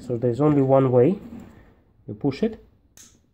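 A keyed plastic electrical connector on the rear bumper parking sensor wiring harness of a VW Sharan 7N / SEAT Alhambra is pushed by hand into its mating plug while someone talks. After a quiet moment, a single sharp snap sounds at 3.0 s as the connector clicks in and is seated.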